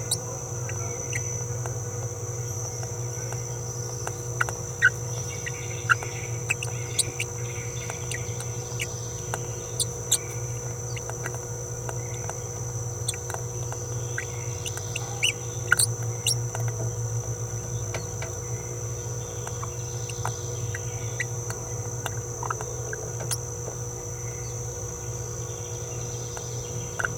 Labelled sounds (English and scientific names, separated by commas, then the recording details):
Green-rumped Parrotlet (Forpus passerinus) babbling
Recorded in a nest box in Venezuela
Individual 18B17A3